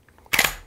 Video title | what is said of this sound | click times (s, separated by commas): Briley Browning Maxus Bolt Operating Handle Installation | so it's going to slide in just like this and you push until it clicks and | 0.3 s